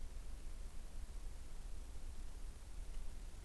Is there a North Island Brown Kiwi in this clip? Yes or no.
no